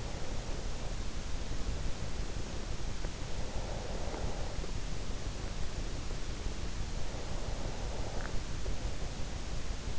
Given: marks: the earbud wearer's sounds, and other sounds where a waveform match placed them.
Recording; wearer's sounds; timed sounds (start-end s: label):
sounds in sleep by an in-ear microphone; breath
0.00-2.98 s: breath
3.25-6.24 s: breath
7.14-9.99 s: breath